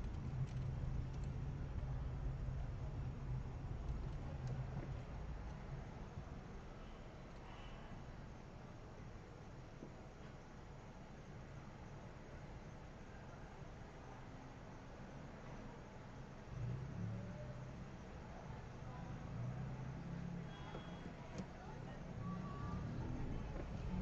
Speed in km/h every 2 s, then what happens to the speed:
11, 10, 6, 2, 0, 0, 0, 0, 0, 0, 0, 7.
3-6 slows to 2. 6-21 standing. 21-24 pulls away to 7.